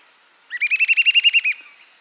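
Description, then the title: Eastern sirystes calling, one quick even run of about ten bright whistled notes lasting a second, with a constant high-pitched insect hum behind. Nominate subspecies Sirystes sibilator sibilator. "LuckyPassaro Completos2Sama. Eastern Sirystes (Sirystes sibilator sibilator)"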